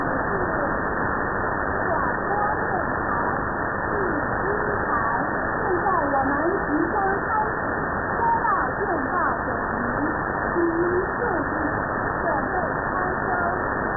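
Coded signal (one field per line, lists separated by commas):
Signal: numbers station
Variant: V13, Chinese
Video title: V13 (Taiwanese Number Station) | 31st December 2023 | Null Message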